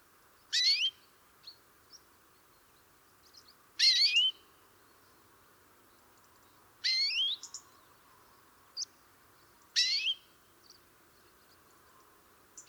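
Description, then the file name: European greenfinch calling, four wheezy swooping notes roughly every three seconds, with a few faint short chirps between them against a quiet hiss. "Chloris chloris"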